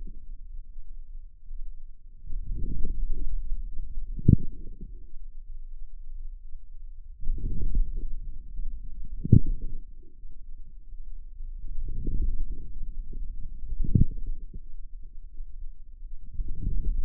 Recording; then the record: forearm muscle sounds (acoustic myography)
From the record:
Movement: outward rotation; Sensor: system 2, bracelet of six BSWA MPA416 microphones around the upper forearm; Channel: 4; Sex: female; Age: 23 years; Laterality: right